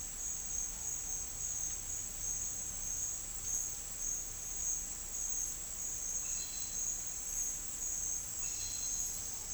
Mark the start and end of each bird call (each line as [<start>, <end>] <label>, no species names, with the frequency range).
[6.25, 6.97] bird call (1.7-5.0 kHz)
[8.36, 9.06] bird call (1.9-5.0 kHz)